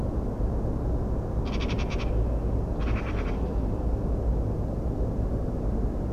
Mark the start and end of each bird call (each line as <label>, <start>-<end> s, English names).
Eurasian Magpie, 1.44-2.06 s
Eurasian Magpie, 2.79-3.33 s